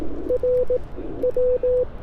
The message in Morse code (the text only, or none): RW